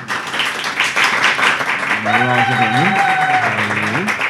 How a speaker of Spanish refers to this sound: Para empezar a presentarnos, me gustaría que pediros un aplauso, pero un aplauso así, moderado, normal, educado, o sea, que no flipéis,